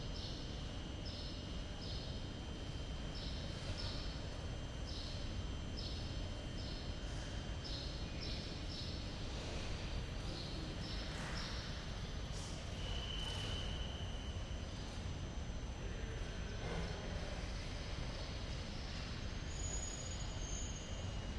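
Wroclaw train station ambience with a steady, dense rumble of trains standing and moving along the platforms. A regular high chirping signal repeats about once a second through the first half, while brief squeals and a short whistle-like tone come in around the middle.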